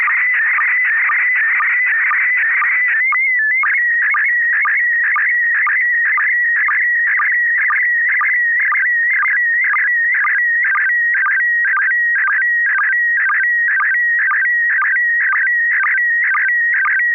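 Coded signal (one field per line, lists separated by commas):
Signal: SSTV (slow-scan television)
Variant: PD 120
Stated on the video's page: SSTV net on a 441.300 MHz FM repeater in Sacramento, images sent with MMSSTV.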